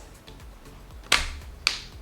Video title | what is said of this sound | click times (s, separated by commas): Sunday Reset - Testing New Steam Cleaner - Clean With Me | so you it just kind of snaps | 1.1 s, 1.7 s